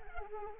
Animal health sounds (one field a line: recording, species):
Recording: mosquito wingbeat signal from an infrared sensor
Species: Anopheles arabiensis